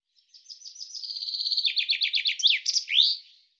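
Common chaffinch song: a rattling run of high notes that accelerates and steps downward, closing with a loud swooping end flourish, heard alone.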